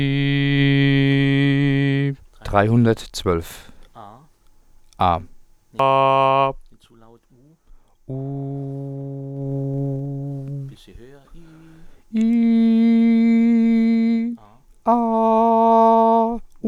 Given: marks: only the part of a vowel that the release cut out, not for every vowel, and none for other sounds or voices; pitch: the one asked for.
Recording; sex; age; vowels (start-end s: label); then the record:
sustained vowels; male; 20 to 29 years
0.00-1.88 s: vowel /i/, normal pitch
5.86-6.42 s: vowel /a/, normal pitch
9.59-10.30 s: vowel /u/, normal pitch
12.27-13.93 s: vowel /i/, high pitch
15.16-16.25 s: vowel /a/, high pitch
From the record:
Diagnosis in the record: singing voice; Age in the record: 27 years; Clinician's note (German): Ausgebildete Gesangsstimme